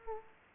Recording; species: mosquito wingbeat signal from an infrared sensor; Culex quinquefasciatus